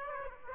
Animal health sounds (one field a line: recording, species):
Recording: mosquito wingbeat signal from an infrared sensor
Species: Aedes aegypti